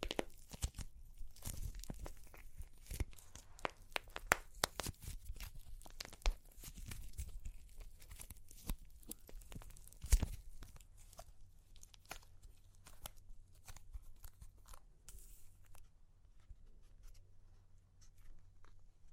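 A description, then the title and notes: Dry clay cracks and crunches in dense bursts of sharp, bright snaps and crinkly tearing sounds, busiest in the first ten seconds with a loud crack near ten seconds. Afterward the crackling thins into sparser, softer snaps over a low steady hum. Super Crunchy Clay Cracking (No Talking).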